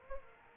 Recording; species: mosquito wingbeat signal from an infrared sensor; Aedes aegypti